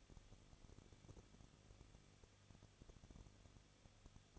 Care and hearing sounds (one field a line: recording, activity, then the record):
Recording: daily activity, microphone in the room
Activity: no activity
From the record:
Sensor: 4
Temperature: 23.0 degrees Celsius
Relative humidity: 34.2%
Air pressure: 1007.4 hPa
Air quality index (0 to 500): 212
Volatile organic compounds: 14 ppm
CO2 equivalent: 2437 ppm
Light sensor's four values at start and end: 2/3/1/1 and 2/3/1/1